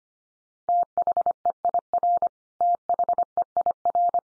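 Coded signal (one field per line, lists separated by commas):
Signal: Morse code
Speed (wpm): 25 wpm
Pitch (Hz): 700 Hz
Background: none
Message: THEIR THEIR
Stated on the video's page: Morse code practice of the 100 most common English words at 25 wpm, each word sent three times, then spoken, then sent again.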